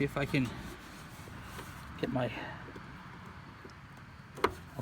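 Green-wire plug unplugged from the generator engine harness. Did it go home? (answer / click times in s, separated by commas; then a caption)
released / 4.5 s. Someone talks while squeezing the two small tabs on a plastic plug on the green wire of a Coleman Powermate generator engine with a broken governor, then pulls the plug apart. A sharp snap is heard at 4.5 s as the plug comes off the engine harness easily, releasing the connector.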